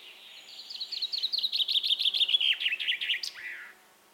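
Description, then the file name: Common chaffinch singing a cheerful tumbling phrase of repeated chips, dropping in pitch and ending with a quick upward note and buzzy tail. "Fringilla coelebs"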